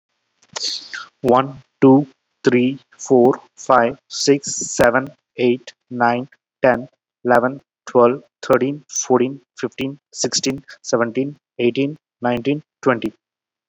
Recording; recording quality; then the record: counting at a normal pace; excellent, no background noise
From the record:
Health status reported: COVID-19 positive, mild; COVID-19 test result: positive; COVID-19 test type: RT-PCR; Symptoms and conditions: fever, diarrhoea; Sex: male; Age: 33 years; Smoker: no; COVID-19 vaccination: one dose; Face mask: worn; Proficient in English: yes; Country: India